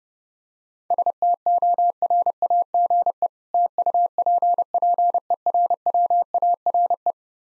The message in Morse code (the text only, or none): STORAGE TUPPERWARE